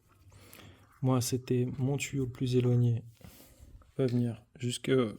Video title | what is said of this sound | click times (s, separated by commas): Maintenance Complète : Poêle à granulé MCZ Ego Air 2.0 - Tutoriel de Ramonage et Révision | engagez-le jusqu'au clic moi | 0.5 s